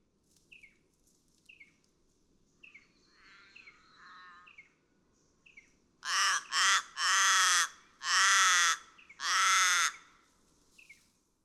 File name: Forest Raven